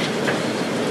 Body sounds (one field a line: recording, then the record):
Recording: background sound without coughing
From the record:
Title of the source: Office Sounds Ambience - Background Noise for Study and Work